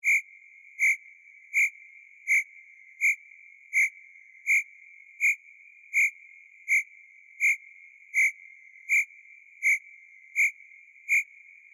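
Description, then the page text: Cricket chirping, a clean pulsed chirp repeated steadily about every 0.7 seconds with no other sounds. Night cricket chirps. "Free Crickets Sound Effects. FStudios"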